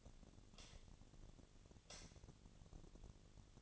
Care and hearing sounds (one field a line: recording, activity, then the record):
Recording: daily activity, microphone in the room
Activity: light on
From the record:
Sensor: 4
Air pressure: 1010.7 hPa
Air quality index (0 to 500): 170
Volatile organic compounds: 5 ppm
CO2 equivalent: 1734 ppm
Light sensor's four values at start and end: 38/110/44/45 and 38/111/44/45